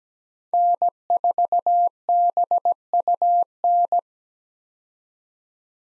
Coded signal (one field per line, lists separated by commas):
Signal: Morse code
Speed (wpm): 17 wpm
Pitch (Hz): 700 Hz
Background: none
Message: N4BUN